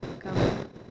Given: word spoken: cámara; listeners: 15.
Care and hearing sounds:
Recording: one Spanish word in noise, from a listening test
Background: noise modulated by one talker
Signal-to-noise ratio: -12.1 dB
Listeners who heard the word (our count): 1 of 15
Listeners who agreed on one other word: 7 of 15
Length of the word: 0.51 s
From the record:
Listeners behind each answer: 7, 2, 1, 1, 1, 1, 1, 1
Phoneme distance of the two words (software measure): 27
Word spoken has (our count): 3 syllables, 6 phonemes, stress on syllable 1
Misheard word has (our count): 2 syllables, 5 phonemes, stress on syllable 1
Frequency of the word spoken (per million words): 108.30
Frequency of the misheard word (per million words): 152.61

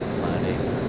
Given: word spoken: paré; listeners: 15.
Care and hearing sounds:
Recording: one Spanish word in noise, from a listening test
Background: speech-shaped noise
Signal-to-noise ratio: -5.3 dB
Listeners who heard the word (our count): 1 of 15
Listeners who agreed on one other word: 7 of 15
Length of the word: 0.49 s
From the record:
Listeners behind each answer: 7, 2, 2, 1, 1, 1, 1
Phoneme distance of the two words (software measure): 7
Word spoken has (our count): 2 syllables, 4 phonemes, stress on syllable 2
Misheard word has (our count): 2 syllables, 5 phonemes, stress on syllable 2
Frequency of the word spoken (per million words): 1.69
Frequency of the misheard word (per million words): 44.55

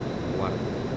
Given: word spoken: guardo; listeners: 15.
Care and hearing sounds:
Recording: one Spanish word in noise, from a listening test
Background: speech-shaped noise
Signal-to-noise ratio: -4.6 dB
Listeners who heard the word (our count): 2 of 15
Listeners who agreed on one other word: 6 of 15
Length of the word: 0.57 s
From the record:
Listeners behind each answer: 6, 2, 2, 2, 1, 1, 1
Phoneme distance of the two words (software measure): 30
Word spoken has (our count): 2 syllables, 6 phonemes, stress on syllable 1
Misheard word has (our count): 2 syllables, 6 phonemes, stress on syllable 1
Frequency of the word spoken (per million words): 4.10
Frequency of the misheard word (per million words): 4.81

